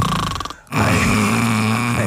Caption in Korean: 코골이를 개인기로 하신다고요? 수면 무호흡 개인기.